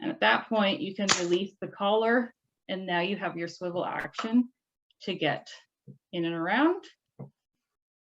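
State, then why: Not seated. Someone talks while handling the plastic locking collar on the swivel joint of an ENJO floor mop handle, releasing it so the joint can swivel. Nothing has seated or clicked yet; the clip ends before the collar is lowered again to lock the joint in place.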